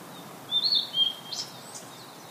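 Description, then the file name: Blue-and-white flycatcher song: two high whistled notes, the second lower, followed by a brief rough burst and fading faint notes. "oruri"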